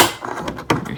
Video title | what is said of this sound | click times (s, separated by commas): W211 ‘08 Mercedes-Benz License Plate LED Light Housing Install | the snap just snapped it back into place | 0.7 s